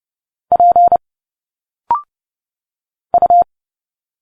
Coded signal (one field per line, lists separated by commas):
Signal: Morse code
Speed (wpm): 30 wpm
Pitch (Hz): 700 Hz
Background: none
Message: P U